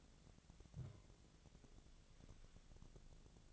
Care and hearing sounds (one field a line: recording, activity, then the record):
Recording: daily activity, microphone in the room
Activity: take from stove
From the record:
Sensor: 4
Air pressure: 1000.8 hPa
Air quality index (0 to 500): 126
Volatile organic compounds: 1 ppm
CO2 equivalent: 947 ppm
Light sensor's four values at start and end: 42/101/43/48 and 43/104/44/49